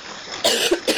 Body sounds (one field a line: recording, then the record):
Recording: coughing mixed with background sound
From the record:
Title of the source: 55 gaggy wet cough